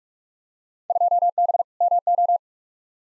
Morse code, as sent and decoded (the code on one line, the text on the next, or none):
..--- -... / -- ---
2B MO